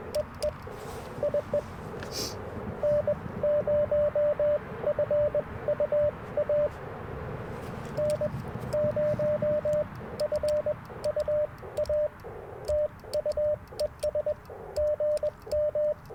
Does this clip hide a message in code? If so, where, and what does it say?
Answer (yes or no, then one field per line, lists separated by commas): yes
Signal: Morse code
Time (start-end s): 0.2-15.9 s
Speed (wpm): 21 wpm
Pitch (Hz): 590 Hz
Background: radio noise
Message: EE IE N0FUA N0FUA TU ES GM